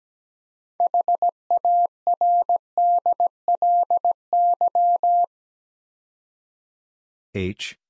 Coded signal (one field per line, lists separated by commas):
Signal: Morse code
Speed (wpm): 17 wpm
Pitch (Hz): 700 Hz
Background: none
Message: HARDLY